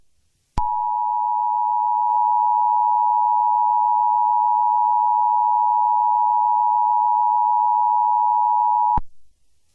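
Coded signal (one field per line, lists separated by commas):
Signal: Emergency Alert System (SAME) tones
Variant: 853 and 960 Hz attention tone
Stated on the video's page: Fictional EAS scenario, not a real alert.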